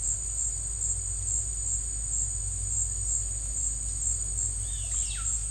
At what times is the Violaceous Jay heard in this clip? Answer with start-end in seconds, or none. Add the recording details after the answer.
4.68-5.30. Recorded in secondary vegetation near Puerto Asís, Putumayo, Colombia, on 22 December 2024 at 16:00. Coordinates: 0.499, -76.323. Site G010